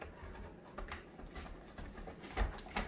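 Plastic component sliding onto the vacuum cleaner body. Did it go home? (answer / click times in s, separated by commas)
yes / 2.8 s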